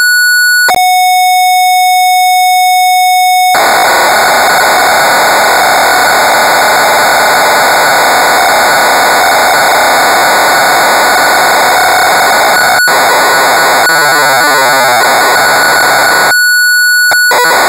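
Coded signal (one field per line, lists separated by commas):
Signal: computer data on cassette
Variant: Amstrad CPC 464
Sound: steady pure lead tone for about three seconds, then long harsh rasping data screech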